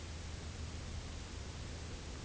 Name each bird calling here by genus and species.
none